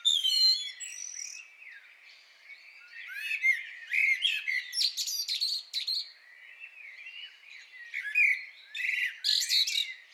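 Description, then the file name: Common blackbird singing: mellow whistled phrases that end in scratchy high twitters, three or four phrases separated by brief gaps. "Turdus merula"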